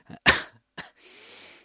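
In an adult man, a brief throat catch leads into one strong, harsh cough, then a weaker second cough and a soft breathy exhale. The cough is from cough-variant asthma, a form of asthma whose main sign is a persistent cough. It began as a cold around the end of September and has not stopped since. He is being seen at internal medicine, ENT and allergy clinics.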